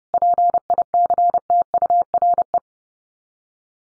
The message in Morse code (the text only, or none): PICTURE